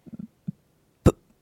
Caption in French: Chez le jeune enfant, quand le bégaiement apparaît, c'est ce qu'on va voir. Des blocages dans sa parole. Là j'ai eu une pause tendue.